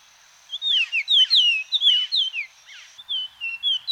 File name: George Reynard & Orlando Garrido - Greater Antillean Oriole